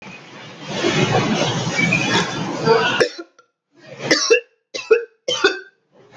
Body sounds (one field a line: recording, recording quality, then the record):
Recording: heavy voluntary cough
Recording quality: excellent, no background noise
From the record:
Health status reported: healthy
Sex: male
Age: 21 years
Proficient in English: yes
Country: India